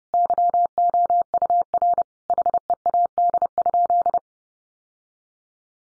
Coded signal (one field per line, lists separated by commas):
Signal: Morse code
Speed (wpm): 30 wpm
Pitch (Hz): 700 Hz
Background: none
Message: YOUR HEAD?